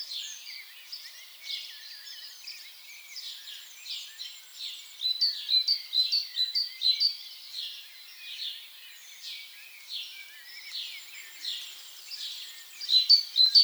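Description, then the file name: Great tit calls: several bursts of rapid high chipping notes over constant background noise, louder near the middle and end. "Parus major"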